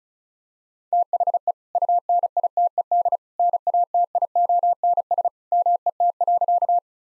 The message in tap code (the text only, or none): none